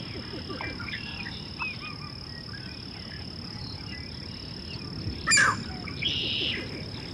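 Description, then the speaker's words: Green heron giving a single loud, harsh, abrupt squawk, preceded by faint chirps and followed by a brief rasping note over low background noise. Green heron giving a harsh call in a brackish marsh on a humid morning at a migratory bird sanctuary in Louisiana, USA; green herons live in marshes and other wetlands, not very secretive. "Whoa, that harsh call right there is from another heron, a green heron."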